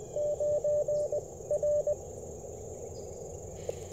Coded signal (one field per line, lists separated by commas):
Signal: Morse code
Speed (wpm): 21 wpm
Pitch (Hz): 590 Hz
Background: none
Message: 9 R